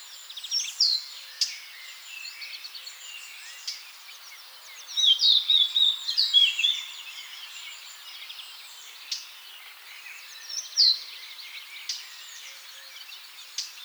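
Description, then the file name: Eurasian blackcap song: one loud fluting, warbled phrase in the middle, surrounded by scattered high chirps and clicks. "Sylvia atricapilla"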